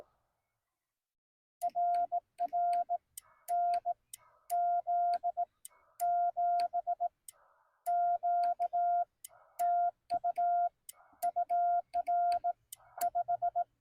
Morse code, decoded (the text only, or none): RR NZ7Q TU UR 5